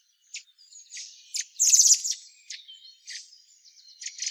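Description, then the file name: Eurasian blackbird uttering spaced sharp high chirps around a louder rattling chatter burst. "Turdus merula"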